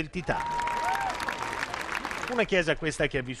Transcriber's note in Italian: applausi